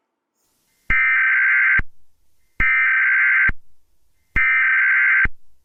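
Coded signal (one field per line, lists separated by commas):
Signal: Emergency Alert System (SAME) tones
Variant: header bursts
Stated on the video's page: EAS scenario tones made in iMovie with a downloaded EAS tone file; a fictional, simulated alert.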